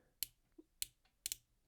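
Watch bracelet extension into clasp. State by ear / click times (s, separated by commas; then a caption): seated / 0.2 s, 0.8 s, 1.3 s. The spring-loaded micro-adjust extension of a Traska Venturer GMT watch bracelet, with one full link of adjustment, is pushed firmly into its clasp with index finger and thumb. It gives sharp, heavy clicks at 0.2, 0.8 and 1.3 seconds, the last one a quick double click. Each time it seats in its indexed position with a solid, robust click.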